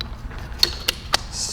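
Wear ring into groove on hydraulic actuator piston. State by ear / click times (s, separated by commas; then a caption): seated / 0.6 s. A split wear ring is fitted over the seals into the groove on the metal piston of a hydraulic actuator during a seal rebuild. A short series of sharp hits is heard at about 0.6, 0.9 and 1.1 seconds, and the ring seats at 0.6 seconds. Afterwards it is checked by running fingers along it to make sure it does not stick out past the metal.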